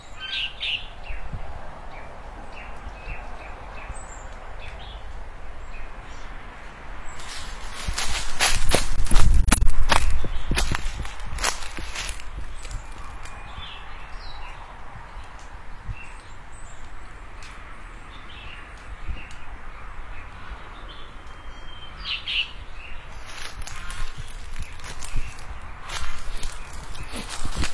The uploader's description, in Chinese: 音频录制的场地是我家屋前的池塘边，鸟叫鹅叫，还有狗叫，好一副和谐乡村之音。